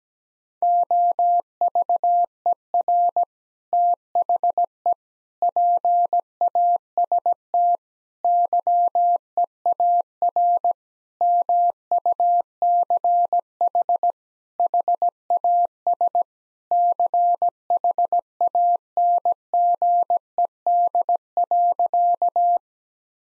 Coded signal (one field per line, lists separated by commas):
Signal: Morse code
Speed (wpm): 17 wpm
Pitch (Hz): 700 Hz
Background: none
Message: OVER THE PAST YEAR MUCH HAS CHANGED.